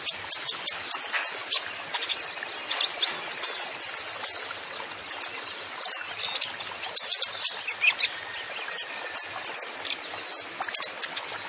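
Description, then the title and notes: Van Hasselt's sunbird song: lively high chirping, quick sharp notes repeated in irregular clusters. Masteran recording for training songbirds; actively singing (gacor) bird with full fills (isian) and shots (tembakan). "MASTERAN KOLIBRI NINJA FULL ISIAN DAN TEMBAKAN COCOK BUAT PANCINGAN. Suara Burung Kolibri Ninja Gacor"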